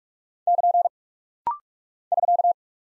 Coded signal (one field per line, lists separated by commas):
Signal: Morse code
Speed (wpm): 46 wpm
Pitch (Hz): 700 Hz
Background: none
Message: <KN> <SK>